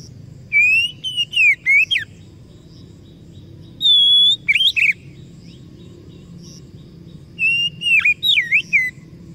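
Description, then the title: Oriental magpie-robin song in three separated bursts of varied whistled notes, one a long, level high whistle, with quiet gaps of a few seconds between bursts. Masteran (training recording) meant to provoke kacer into gacor (full, active singing); described as successful, the bird going on to become a contest champion. "Masteran Kacer Yang Sukses Memancing Kacer Gacor Sampai Jadi Juara"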